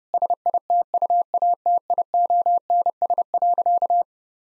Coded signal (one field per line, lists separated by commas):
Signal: Morse code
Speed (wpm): 30 wpm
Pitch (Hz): 700 Hz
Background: none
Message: SITUATIONS.